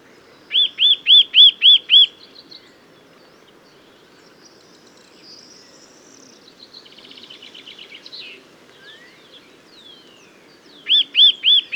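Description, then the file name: Eurasian nuthatch calls: a quick run of about six loud, ringing notes, a long pause with only faint sounds, then another rapid burst. "Sitta europaea"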